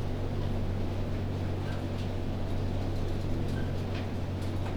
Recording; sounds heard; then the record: poultry house recording; healthy chickens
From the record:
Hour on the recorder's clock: 22